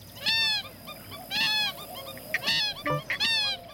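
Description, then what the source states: Purple gallinule calls: loud, nasal, honking notes rich in bright overtones, given roughly once a second, with quicker clipped notes near the end. In a marsh.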